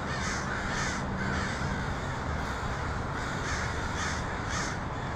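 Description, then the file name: Crows give harsh caws in several bursts over a constant background roar, with a low hum in the first two seconds. Multiple crows recorded in Portland (PDX) on 23 October 2018. "pdx crows 2018-10-23"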